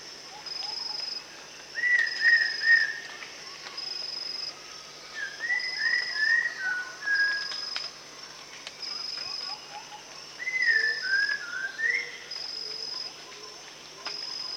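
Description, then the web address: Rufous-tailed shama singing bursts of jumbled whistled notes that rise and fall, separated by pauses of a few seconds, with softer low whistles and steady pulsing insect noise. Recorded at Danum on 1 January 2008. "DANUM 20080101. sound rufous-tailed shama"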